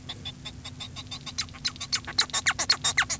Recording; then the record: song of a male Bengalese finch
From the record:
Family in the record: son of father 1